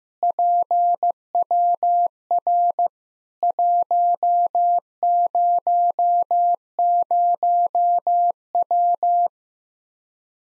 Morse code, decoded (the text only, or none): PWR 100W